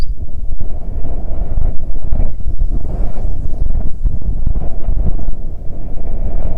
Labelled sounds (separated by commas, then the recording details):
songbird, wind, insects
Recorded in the Prudhoe Bay oil fields, Alaska, on 9 June 2019 at 16:54
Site 21